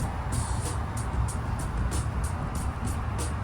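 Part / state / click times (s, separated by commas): throttle cable end onto throttle body linkage ball stud / not seated / none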